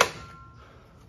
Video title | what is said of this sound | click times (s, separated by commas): Assembling the 2022 Vmvaporizer Turbo | it they're right until it clicks so once it clicks you can | 0.0 s